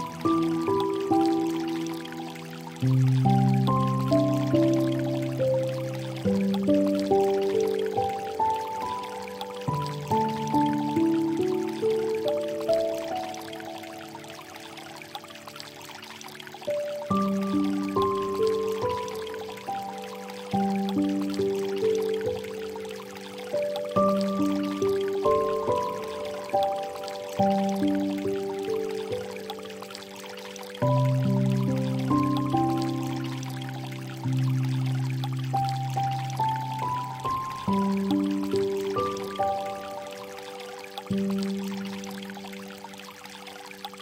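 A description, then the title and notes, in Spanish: Relaxing piano music over the sound of water. Soft, slow chords and low notes ring out and fade, with a new phrase beginning every few seconds, while a steady hiss of flowing, trickling water runs underneath the whole time. Descansa o medita con esta fantástica música relajante de piano y el sonido del agua...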